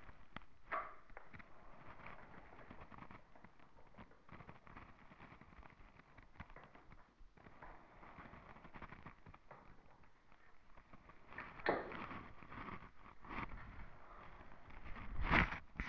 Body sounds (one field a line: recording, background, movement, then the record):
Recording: deep breathing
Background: quiet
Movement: sitting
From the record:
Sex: female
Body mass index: 18.3 kg/m2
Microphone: on the chest, facing the body